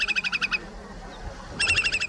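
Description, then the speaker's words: Slender-billed Curlew song: a fast string of bright, regularly pulsed notes, a short pause, then another rapid pulsed burst starting. One of the most recently extinct bird species; last seen in 1995 and declared extinct in 2025. "ahora mismo lo que están escuchando es el canto del zarapito picofino"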